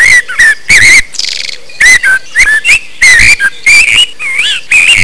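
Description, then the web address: Bird calls: loud, shrill whistled notes with wavering pitch, delivered in quick irregular bursts, with a brief buzzy note near the start. "动物鸟叫声素材"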